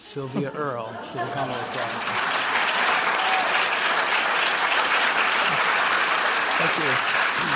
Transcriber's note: applause